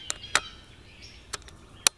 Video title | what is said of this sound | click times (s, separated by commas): Finally Got a New Ball Head + GIVEAWAY! (Landscape Photography) | it's got this really cool locking mechanism here so when you do close it you get a really really satisfying click that way you know it's locked in place | 0.4 s, 1.9 s